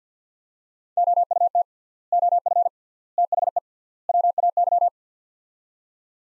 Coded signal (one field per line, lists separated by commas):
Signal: Morse code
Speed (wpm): 50 wpm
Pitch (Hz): 700 Hz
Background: none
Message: OUT OF THE WAY